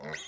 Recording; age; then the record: pig call; piglet (1 to 25 days)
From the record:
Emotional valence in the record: negative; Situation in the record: short isolation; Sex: male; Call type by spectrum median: low-frequency call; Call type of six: mixed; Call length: 0.28 s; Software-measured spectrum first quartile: 1119 Hz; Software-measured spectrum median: 2286 Hz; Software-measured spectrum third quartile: 5943 Hz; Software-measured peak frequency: 1990 Hz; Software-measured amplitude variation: 109 dB a second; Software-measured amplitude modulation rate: 18.0 a second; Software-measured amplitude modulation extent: 6.0 dB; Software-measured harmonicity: 1.5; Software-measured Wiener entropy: -2.70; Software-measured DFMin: 675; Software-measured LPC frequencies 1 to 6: 596, 1994, 3242, 5080, 6634, 9804 Hz